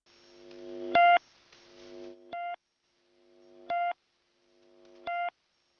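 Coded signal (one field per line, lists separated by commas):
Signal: channel marker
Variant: The Pip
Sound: four short buzzy beeps, roughly one every 1.4 seconds, with hiss swelling between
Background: radio static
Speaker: This one is the PIP.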